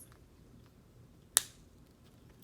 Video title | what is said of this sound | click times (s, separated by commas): How to use a Marker (Pre-K) | See, both ways I heard a click, and I know my marker is safe. | 1.4 s